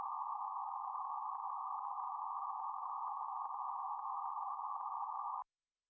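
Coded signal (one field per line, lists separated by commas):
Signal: PSK31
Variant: BPSK31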